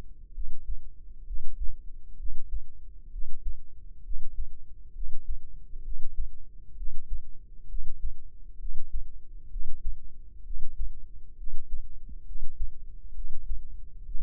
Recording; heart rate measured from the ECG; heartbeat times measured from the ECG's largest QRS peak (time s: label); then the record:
heart sounds by microphone in the left ear; 66 bpm
0.32 s: heartbeat
1.24 s: heartbeat
2.16 s: heartbeat
3.10 s: heartbeat
4.02 s: heartbeat
4.92 s: heartbeat
5.82 s: heartbeat
6.74 s: heartbeat
7.66 s: heartbeat
8.57 s: heartbeat
9.48 s: heartbeat
10.42 s: heartbeat
11.35 s: heartbeat
12.23 s: heartbeat
13.12 s: heartbeat
14.03 s: heartbeat
From the record:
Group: healthy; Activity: breath hold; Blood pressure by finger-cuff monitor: 113/73 mmHg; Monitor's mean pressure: 84 mmHg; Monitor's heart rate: 65 bpm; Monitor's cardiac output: 5.2 L/min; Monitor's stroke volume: 80 mL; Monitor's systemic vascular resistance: 1130 dyn s/cm5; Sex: female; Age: 22 years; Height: 160 cm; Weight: 45 kg